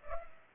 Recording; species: mosquito wingbeat signal from an infrared sensor; Culex pipiens